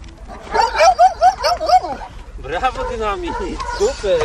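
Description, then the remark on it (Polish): A fire service search dog named Dynamit, having found the hidden person it was sent to search for, lets out a quick run of sharp, high barks, about five in a row, then a person talks excitedly in an upbeat, praising tone. “Super! Znalazłeś mnie!”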